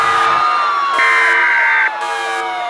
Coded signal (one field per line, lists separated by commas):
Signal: Emergency Alert System (SAME) tones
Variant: header bursts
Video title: Climate Change: An EAS Scenario (Part One)